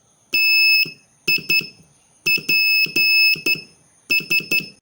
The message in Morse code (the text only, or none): TIPS